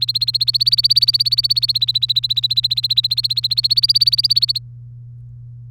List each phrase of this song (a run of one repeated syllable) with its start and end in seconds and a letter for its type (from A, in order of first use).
0.00-4.59 A